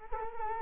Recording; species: mosquito wingbeat signal from an infrared sensor; Culex quinquefasciatus